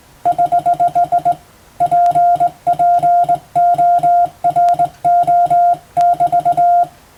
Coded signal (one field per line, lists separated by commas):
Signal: Morse code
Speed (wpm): 20 wpm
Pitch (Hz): 700 Hz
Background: none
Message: <HH> PPORO<BT>